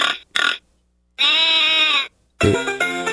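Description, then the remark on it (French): A sheep bleats in a long, steady, nasal cry lasting about a second, then starts another bleat, after two short rough grunts at the start. No one speaks. “Un cochon devant, un mouton derrière.”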